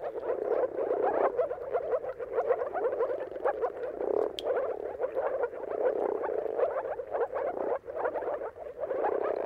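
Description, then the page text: Moor frog mating chorus, dense overlapping gulping notes in a steady bubbling wash, with a single sharp click midway. Dawn chorus of moor frogs giving mating calls at sunrise, turn of March and April, timing depending on weather; recorded by Jakub Orzecki. "earth-fm Jakub-Orzecki moor frogs. Dawn’s Chorus: Mating Calls of Marsh Frogs at Sunrise. Depending on the weather at the turn of March and April, you can witness an amazing spectacle of moor frogs"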